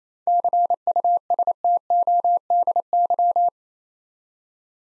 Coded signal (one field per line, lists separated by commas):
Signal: Morse code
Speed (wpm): 29 wpm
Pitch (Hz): 700 Hz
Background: none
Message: CUSTODY